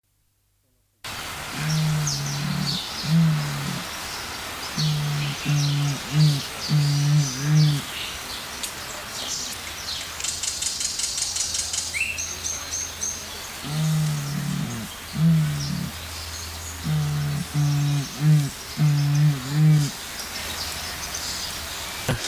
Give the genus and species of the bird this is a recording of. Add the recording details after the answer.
Crax fasciolata. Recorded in captivity. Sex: male. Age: adult. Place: Zoo Berlin, Berlin, DE. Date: 1999-09-04 10:50. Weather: sonnig, 21°C. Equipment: Sony WM-D6C, Sennheiser ME 80, Kopie Uher 4000 Report Monitor. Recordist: Tembrock, Günter. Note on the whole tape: Männchen am Gitter (Beugestellung): Lautfolge